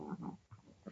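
Short, low, rough snorting bursts from an irritated pug outdoors in a forest, typical of the noisy breathing of flat-faced dogs.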